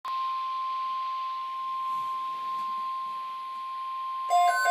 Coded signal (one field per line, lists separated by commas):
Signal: Emergency Alert System (SAME) tones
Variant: 1050 Hz attention tone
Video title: Severe Thunderstorm Watch (EAS#30)